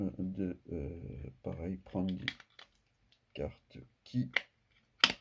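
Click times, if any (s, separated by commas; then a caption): 5.0 s. Someone talks while the two halves of a plastic replacement Mégane/Scénic-type car key card shell are pressed together. A sharp, loud snap is heard at 5.0 s as the halves clip shut and the shell is closed.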